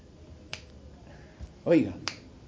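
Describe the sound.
Two sharp finger snaps about one and a half seconds apart, with a brief voice sound just before the second snap against a low background hum.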